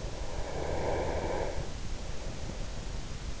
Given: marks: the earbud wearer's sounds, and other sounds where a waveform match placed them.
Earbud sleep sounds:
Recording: sounds in sleep by an in-ear microphone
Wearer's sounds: breath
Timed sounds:
0.24-3.25 s: breath

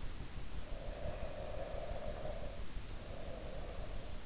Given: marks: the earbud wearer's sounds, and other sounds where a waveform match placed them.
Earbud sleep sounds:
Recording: sounds in sleep by an in-ear microphone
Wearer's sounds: breath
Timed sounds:
0.62-4.22 s: breath

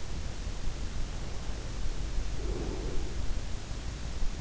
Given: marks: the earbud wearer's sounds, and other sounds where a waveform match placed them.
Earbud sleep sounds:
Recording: sounds in sleep by an in-ear microphone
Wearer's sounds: breath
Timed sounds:
0.82-3.98 s: breath

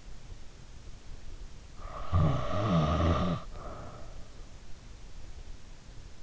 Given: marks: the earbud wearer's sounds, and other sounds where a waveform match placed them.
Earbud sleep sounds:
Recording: sounds in sleep by an in-ear microphone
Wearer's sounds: snoring breath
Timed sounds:
1.83-4.32 s: snoring breath

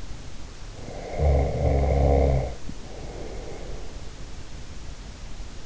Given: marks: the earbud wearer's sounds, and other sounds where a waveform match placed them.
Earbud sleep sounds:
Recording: sounds in sleep by an in-ear microphone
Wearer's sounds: snoring breath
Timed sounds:
0.71-4.14 s: snoring breath

